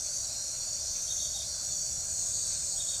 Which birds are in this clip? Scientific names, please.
none